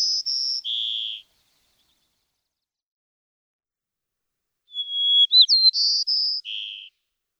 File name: White-crowned Sparrow